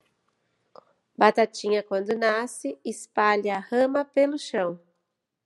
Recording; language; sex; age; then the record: short text; Brazilian Portuguese; female; 40 to 49 years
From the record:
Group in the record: control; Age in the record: 48 years